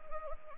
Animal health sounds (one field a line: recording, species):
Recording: mosquito wingbeat signal from an infrared sensor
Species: Anopheles arabiensis